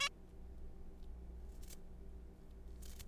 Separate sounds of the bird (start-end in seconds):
0.01-0.09